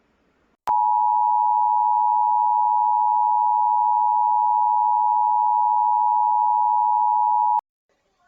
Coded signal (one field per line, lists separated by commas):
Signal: Emergency Alert System (SAME) tones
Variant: 853 and 960 Hz attention tone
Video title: Emergency Alert System: Education For Kids